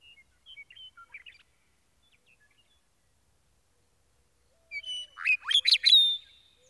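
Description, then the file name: Meadowlark song: a few soft, scattered whistled notes, then after a pause one loud bubbling phrase of high whistles and warbled notes. "Gordon Hemption - Meadowlark"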